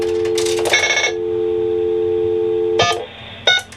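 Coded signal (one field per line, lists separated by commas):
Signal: telephone call progress tone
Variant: North America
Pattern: dial tone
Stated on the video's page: Tones from a Dial Tone First payphone controlled by an Allen Bradley PLC and Asterisk, including expanded inband ACTS tones on coin calls.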